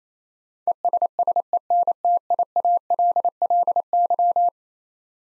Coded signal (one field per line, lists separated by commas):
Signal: Morse code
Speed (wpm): 28 wpm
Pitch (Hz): 700 Hz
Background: none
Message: ESSENTIALLY